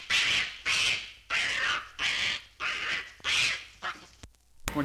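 Monkey squeals, a run of harsh shrieks fading toward the end, followed by sharp clicks.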